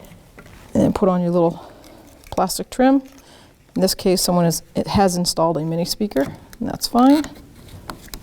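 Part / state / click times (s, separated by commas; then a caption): plastic mirror trim cover into door / seated / 7.9 s, 8.1 s. A small plastic trim cover at the base of the side view mirror on a 1984-2001 Jeep Cherokee is pressed into the door while someone talks. Two sharp clicks at 7.9 and 8.1 seconds mark the trim snapping into place, seated.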